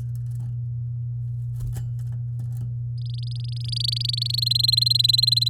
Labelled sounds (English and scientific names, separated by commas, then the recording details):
Domestic Canary (Serinus canaria) song
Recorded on 8 May 2018 at 10:37
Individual llb16